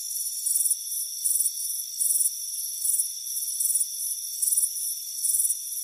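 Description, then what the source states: Cricket chirps in pulsed high bursts, repeated steadily, with a constant shrill background hum. Crickets chirping on a front porch on a warm afternoon.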